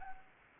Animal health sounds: mosquito wingbeat signal from an infrared sensor; Anopheles arabiensis

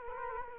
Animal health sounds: mosquito wingbeat signal from an infrared sensor; Culex quinquefasciatus

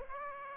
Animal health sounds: mosquito wingbeat signal from an infrared sensor; Aedes aegypti

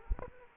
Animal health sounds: mosquito wingbeat signal from an infrared sensor; Aedes aegypti

